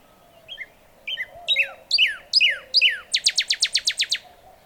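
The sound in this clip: Northern Cardinal song: several slurred down-whistles, ending in a rapid series of short sharp notes.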